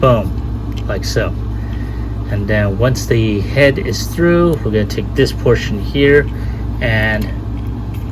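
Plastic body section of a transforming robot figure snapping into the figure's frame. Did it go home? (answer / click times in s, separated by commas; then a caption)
no / none. Someone talks while handling a plastic transforming robot figure, working a body section toward the figure's frame after the head has passed through, with a steady low hum underneath. Nothing has snapped or seated yet.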